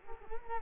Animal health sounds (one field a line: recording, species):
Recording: mosquito wingbeat signal from an infrared sensor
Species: Culex quinquefasciatus